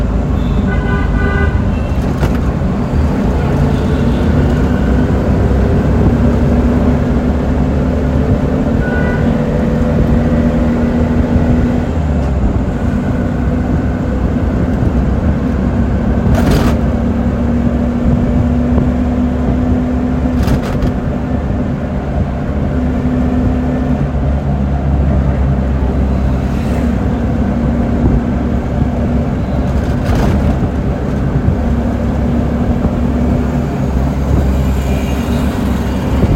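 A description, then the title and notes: A ride in a rickshaw through Bengaluru, its engine droning low and steady the whole way, with a wavering hum that rises and falls as it changes speed. Sharp knocks or rattles cut through at a few moments, against dense, constant traffic noise. By Siddharth Khajuria.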